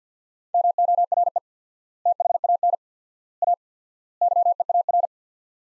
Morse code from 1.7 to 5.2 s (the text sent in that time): THAN A YEAR